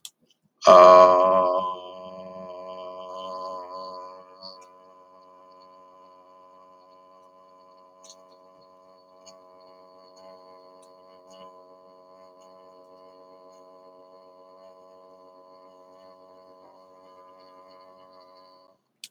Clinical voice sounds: vowel held as long as possible; 30 to 39 years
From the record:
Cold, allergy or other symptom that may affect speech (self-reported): no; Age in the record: 39 years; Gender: other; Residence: Oregon, United States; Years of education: 14

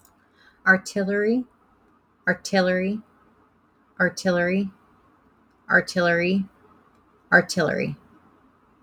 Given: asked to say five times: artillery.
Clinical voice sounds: repeated word; 20 to 29 years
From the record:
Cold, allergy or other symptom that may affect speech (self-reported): no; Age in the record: 22 years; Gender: other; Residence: United States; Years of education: 16

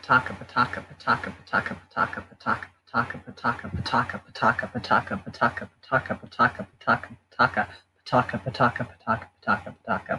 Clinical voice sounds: repeated syllables /pa ta ka/; 18 to 19 years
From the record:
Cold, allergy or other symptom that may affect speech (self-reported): no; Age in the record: 19 years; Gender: other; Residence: Ohio, United States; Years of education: 13

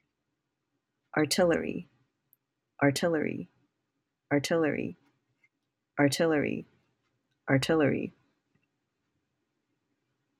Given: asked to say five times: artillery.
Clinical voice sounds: repeated word; 20 to 29 years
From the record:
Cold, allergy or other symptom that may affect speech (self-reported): no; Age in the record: 20 years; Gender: other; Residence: California, United States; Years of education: 14

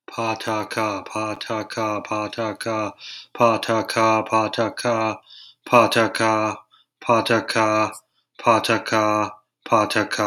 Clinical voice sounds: repeated syllables /pa ta ka/; 30 to 39 years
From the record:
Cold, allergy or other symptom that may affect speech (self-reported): no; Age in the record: 35 years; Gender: other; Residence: California, United States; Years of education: 16

